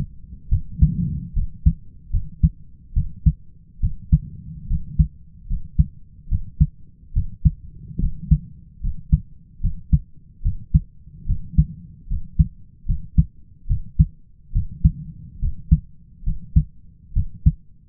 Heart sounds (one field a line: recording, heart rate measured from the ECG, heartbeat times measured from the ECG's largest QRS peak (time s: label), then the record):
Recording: heart sounds by stethoscope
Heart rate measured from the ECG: 72 bpm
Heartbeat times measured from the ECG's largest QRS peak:
0.49 s: heartbeat
1.33 s: heartbeat
2.10 s: heartbeat
2.93 s: heartbeat
3.80 s: heartbeat
4.67 s: heartbeat
5.47 s: heartbeat
6.28 s: heartbeat
7.13 s: heartbeat
7.99 s: heartbeat
8.81 s: heartbeat
9.60 s: heartbeat
10.42 s: heartbeat
11.26 s: heartbeat
12.07 s: heartbeat
12.86 s: heartbeat
13.67 s: heartbeat
14.52 s: heartbeat
15.39 s: heartbeat
16.23 s: heartbeat
17.13 s: heartbeat
From the record:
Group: healthy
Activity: rest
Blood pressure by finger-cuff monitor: 114/71 mmHg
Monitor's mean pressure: 81 mmHg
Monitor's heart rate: 71 bpm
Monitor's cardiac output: 5.1 L/min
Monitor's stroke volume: 70 mL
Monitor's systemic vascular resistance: 1160 dyn s/cm5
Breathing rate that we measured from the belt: 17 breaths a minute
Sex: male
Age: 20 years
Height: 167 cm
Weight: 61 kg